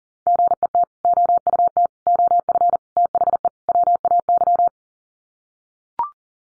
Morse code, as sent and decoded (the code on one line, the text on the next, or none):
--. . - / --- ..- - / --- ..-. / - .... . / .-- .- -.--
GET OUT OF THE WAY